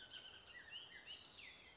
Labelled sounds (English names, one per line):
Bullock's Oriole